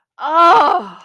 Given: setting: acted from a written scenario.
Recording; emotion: vocal sound without words; ecstasy